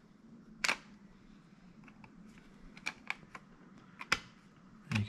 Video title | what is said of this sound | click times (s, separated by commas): Installing Memory & Hard Drive onto a Lenovo Legion 5 Type 81Y6 Laptop. | it snap in all | 0.6 s, 2.9 s, 3.1 s, 4.1 s